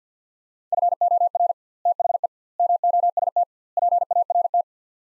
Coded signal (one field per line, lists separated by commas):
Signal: Morse code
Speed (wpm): 50 wpm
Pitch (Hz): 700 Hz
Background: none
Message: FOR THE MOST PART